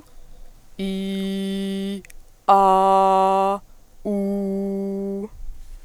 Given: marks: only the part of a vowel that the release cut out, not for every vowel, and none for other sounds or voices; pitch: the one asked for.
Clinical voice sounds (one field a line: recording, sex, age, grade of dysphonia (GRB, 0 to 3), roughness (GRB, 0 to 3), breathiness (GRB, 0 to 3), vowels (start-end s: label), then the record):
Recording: sustained vowels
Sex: female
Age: 20 to 29 years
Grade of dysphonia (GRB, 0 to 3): 0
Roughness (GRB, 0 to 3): 0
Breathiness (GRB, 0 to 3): 0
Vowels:
0.89-1.87 s: vowel /i/, low pitch
2.59-3.43 s: vowel /a/, low pitch
4.15-5.09 s: vowel /u/, low pitch
From the record:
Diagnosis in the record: healthy voice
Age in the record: 26 years